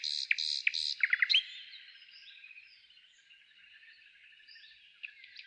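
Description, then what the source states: Nightingale delivering a few loud harsh notes and short chips, then fading into faint, scattered soft notes. Nightingale trill.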